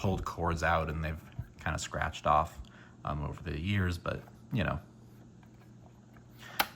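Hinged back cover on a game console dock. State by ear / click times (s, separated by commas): seated / 6.6 s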